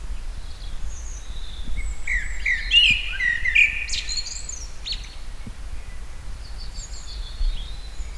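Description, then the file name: Common blackbird delivering a single flute-like warbled phrase ending in a thin, high twittering flourish; faint high chirps and a constant low hum around it. "Turdus merula"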